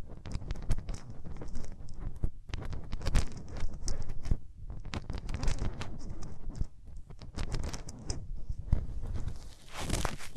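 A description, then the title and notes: Hands rub over the ears in dense, uneven scratchy strokes, with soft low rumbles, brief pauses near four and a half seconds, and brighter bursts. ASMR Rubbing Your Ears in My Hands Sensitive, Close Up Triggers (No Talking).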